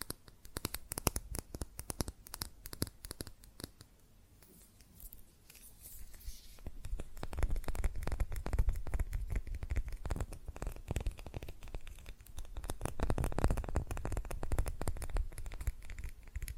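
Rapid, dense tapping on glass and ceramic objects, clicking bright and sharp, easing briefly near five seconds then thickening and growing louder throughout.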